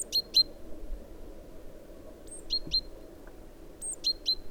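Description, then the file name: Great tit calls: three short bursts, each a very high thin note followed by two lower notes, over a soft low background noise. "Parus major"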